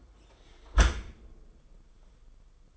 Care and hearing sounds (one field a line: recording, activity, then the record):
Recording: daily activity, microphone in the room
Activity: close dishwasher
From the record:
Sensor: 5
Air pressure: 990.7 hPa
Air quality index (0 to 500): 165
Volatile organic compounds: 323 ppm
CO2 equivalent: 4530 ppm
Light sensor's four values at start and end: 38/115/44/47 and 38/115/45/47